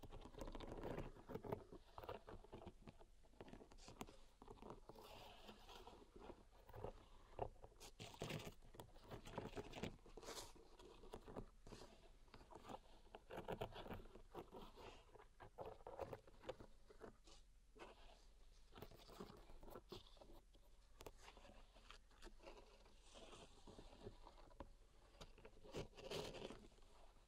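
Pink salt in a zen garden is raked and tapped, giving dense, irregular crackling and patter with frequent sharp bright clicks throughout.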